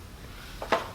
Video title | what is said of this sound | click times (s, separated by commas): Wheel and tool clean up | You'll feel it click in. | 0.7 s